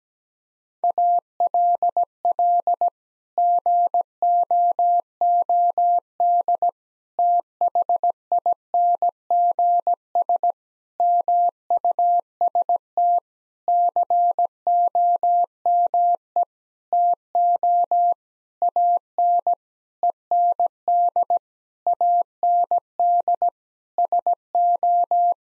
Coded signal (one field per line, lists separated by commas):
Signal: Morse code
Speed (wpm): 17 wpm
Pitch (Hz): 700 Hz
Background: none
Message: ALL GOOD THINGS MUST COME TO AN END AND SO